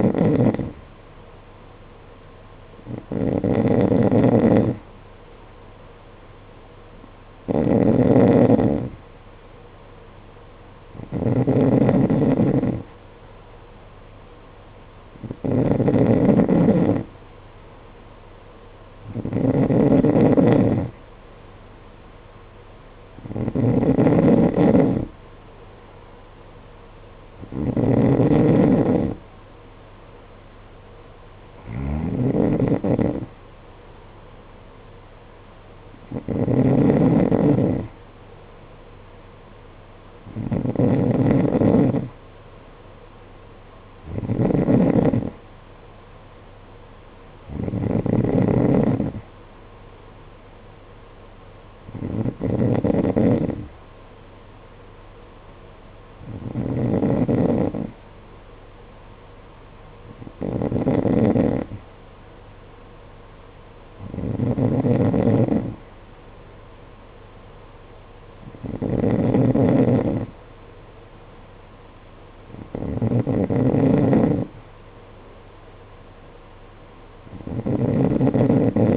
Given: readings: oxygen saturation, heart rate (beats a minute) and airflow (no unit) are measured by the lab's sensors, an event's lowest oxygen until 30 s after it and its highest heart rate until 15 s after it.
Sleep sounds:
breathing in sleep by a voice recorder at the bedside; none
none scored
From the record:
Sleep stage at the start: N3 (deep sleep); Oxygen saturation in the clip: 91 to 93%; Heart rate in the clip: 51 to 56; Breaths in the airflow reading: 19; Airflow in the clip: -7.9 to 7.3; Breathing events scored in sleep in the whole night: 476 in 9.7 hours asleep

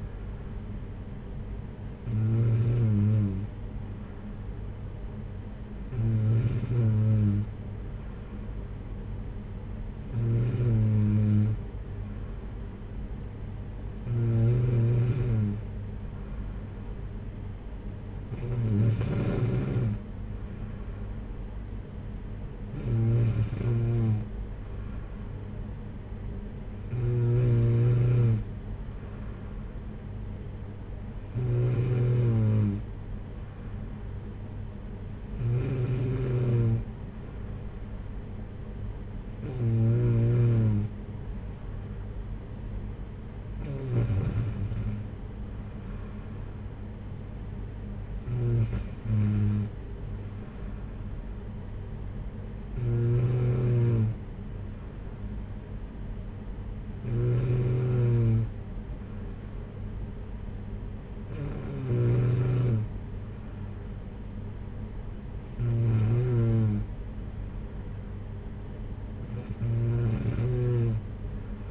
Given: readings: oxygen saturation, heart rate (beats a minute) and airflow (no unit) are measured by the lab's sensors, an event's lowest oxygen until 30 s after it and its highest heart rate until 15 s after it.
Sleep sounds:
breathing in sleep by a smartphone at the bedside; none
none scored
From the record:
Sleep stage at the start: N2 (light sleep); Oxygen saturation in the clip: 93 to 94%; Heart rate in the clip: 54 to 60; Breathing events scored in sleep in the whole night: 226 in 8.8 hours asleep

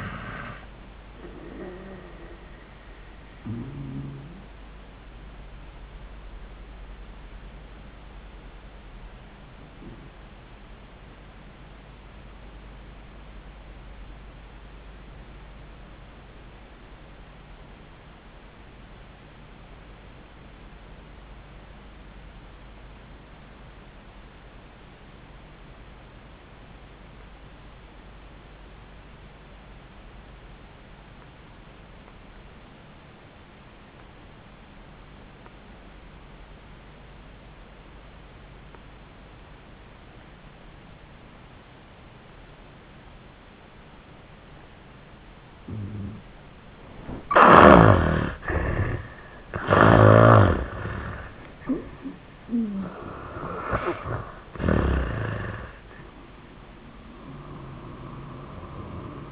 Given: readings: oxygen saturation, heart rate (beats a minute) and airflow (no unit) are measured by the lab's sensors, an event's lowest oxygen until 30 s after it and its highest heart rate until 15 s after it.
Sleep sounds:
breathing in sleep by a voice recorder at the bedside; 1
9.00-45.90 s: obstructive apnea (N1, oxygen 98% highest, then 67% lowest, heart rate 85 at the start, 96 highest)
15.00-45.00 s: new sleep stage, REM sleep
45.00-59.32 s: new sleep stage, N1 (lightest sleep)
From the record:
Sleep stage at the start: N1 (lightest sleep); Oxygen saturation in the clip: 70 to 98%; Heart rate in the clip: 65 to 96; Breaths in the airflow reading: 5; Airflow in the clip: -15.5 to 11.3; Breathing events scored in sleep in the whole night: 400 in 8.7 hours asleep

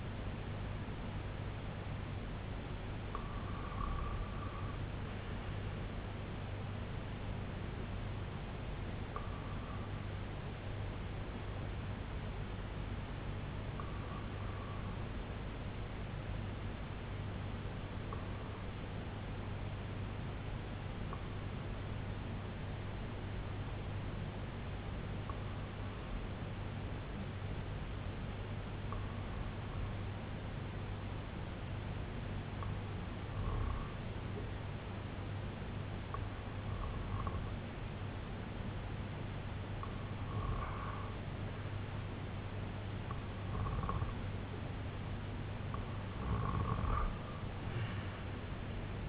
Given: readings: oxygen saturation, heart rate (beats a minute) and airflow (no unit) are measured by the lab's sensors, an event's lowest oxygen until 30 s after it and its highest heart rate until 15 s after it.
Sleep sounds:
breathing in sleep by a voice recorder at the bedside; 1
14.00-43.10 s: hypopnea (REM, oxygen 95% highest, then 91% lowest, heart rate 67 at the start, 71 highest)
From the record:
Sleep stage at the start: REM sleep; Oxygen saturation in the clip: 93 to 96%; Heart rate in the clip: 64 to 74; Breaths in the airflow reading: 12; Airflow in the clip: -8.4 to 3.7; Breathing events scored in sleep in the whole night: 258 in 7.4 hours asleep

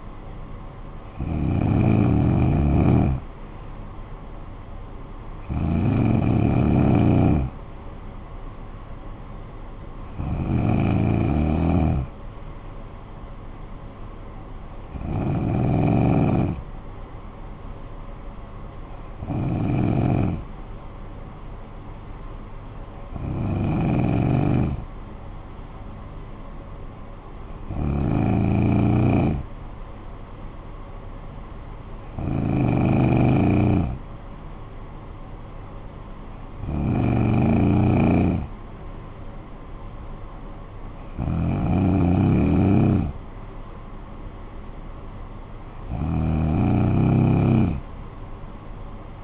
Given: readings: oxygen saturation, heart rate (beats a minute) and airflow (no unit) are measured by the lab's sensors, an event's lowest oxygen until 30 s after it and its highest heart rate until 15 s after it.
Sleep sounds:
breathing in sleep by a smartphone at the bedside; none
none scored
From the record:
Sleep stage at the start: N2 (light sleep); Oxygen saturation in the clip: 92 to 94%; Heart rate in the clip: 53 to 67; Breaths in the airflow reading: 11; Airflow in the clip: -11.2 to 6.7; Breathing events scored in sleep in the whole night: 445 in 7.6 hours asleep

